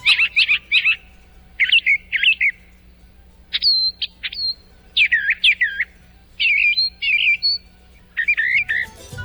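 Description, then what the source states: Brown Thrasher song: varied rich phrases, many doubled or repeated, with sharp whistles and chirps separated by brief pauses. Can voice more than 2,000 different songs; possibly the champion mimic in North America.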